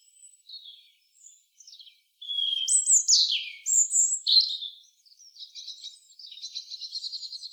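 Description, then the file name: European robin song: soft high notes, then a louder burst of clear whistled and trilled phrases that change pitch sharply, ending in a fast, rattling twitter. "Erithacus rubecula"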